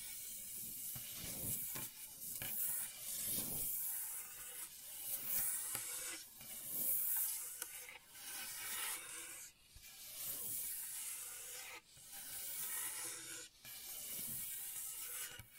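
Gentle scratching forms a soft, bright, hissing rasp that swells and fades in repeated strokes, with brief pauses about every two seconds.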